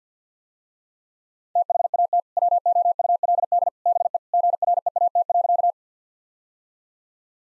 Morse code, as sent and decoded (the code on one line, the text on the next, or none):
- .... .- - / .-- --- ..- .-.. -.. / -... . / --. .-. . .- - .-.-.-
THAT WOULD BE GREAT.